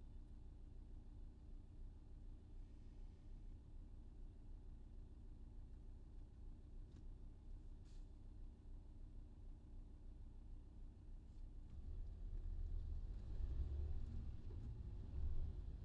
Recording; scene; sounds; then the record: everyday scene through a hearing-aid microphone; in a vehicle; engine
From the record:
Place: VW T5 Caravelle, diesel engine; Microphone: in the ear canal, left